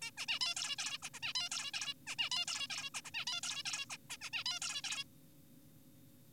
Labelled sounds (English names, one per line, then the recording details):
Zebra Finch
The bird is an adult
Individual g4p5U